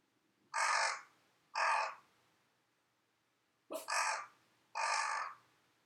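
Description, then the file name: Crow giving harsh, drawn-out caws, two roughly a second apart, then a short clipped note followed by two more long rasping caws. "karasu"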